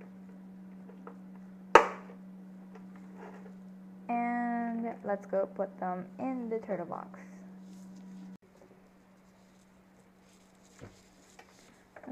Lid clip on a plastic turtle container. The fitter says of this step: we gotta hear the click.